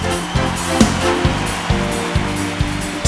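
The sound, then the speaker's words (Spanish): An audience applauds the technicians and crew of the show in a dense, steady wash of clapping that holds for the full three seconds, with a regular low thumping beat pulsing underneath and no voices. “A todos los que hacen posible estar aquí esta noche, a los técnicos, a toda la gente que estuvo aquí mojándose y trabajando, todo mi cariño, mi especial agradecimiento, y ahí va ese aplauso que es de ustedes, para ellos.”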